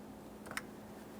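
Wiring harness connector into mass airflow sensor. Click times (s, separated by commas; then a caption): 0.6 s. A wiring harness electrical connector is pressed onto a new mass airflow sensor on a 2011-2020 Toyota Sienna 3.5L V6, with the locking tab facing up. A faint tick at 0.5 s is followed by a sharper, brighter click at 0.6 s over a steady low hum. The connector clicks in and is seated, then it is tugged to check that it is secured.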